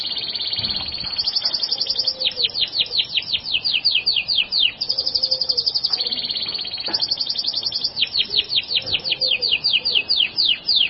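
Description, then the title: Bird singing continuously, alternating fast high trills with long strings of sharply falling whistles, several notes per second. Labelled as a masteran recording. "LuckyBurung MasteranBest"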